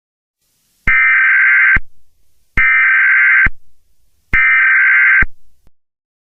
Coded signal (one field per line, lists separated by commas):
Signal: Emergency Alert System (SAME) tones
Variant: header bursts